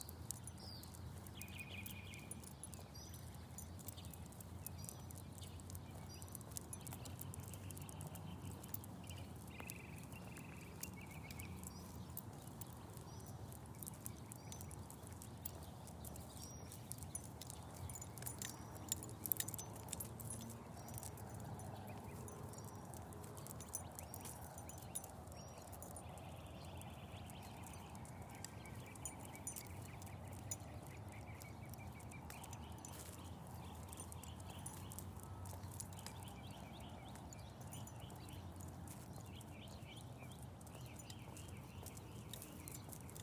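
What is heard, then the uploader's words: Birds chirp through a morning walk in Phoenix, Arizona, with short calls scattered across the whole recording over a steady low rumble. Frequent small clicks and taps run throughout, and the level stays even, with a slightly busier stretch around the middle. Birds chirping to welcome the day on a walk in Phoenix, Arizona. You’ll hear the birds for sure, but also cars passing by, a plane flying overhead, and some great ambient sounds.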